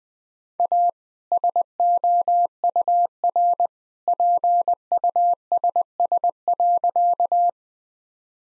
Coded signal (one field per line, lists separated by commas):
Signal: Morse code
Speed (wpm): 20 wpm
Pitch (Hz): 700 Hz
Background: none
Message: A SOUR PUSS.